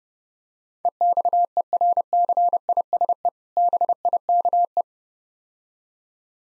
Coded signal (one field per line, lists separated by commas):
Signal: Morse code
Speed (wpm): 30 wpm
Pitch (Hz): 700 Hz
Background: none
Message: EXERCISE BIKE